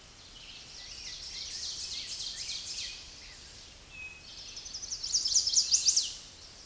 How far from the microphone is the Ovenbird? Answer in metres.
about 35 m